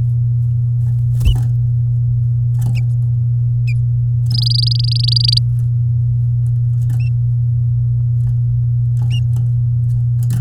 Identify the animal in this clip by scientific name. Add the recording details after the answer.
Serinus canaria. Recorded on 9 May 2018 at 10:44. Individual llb16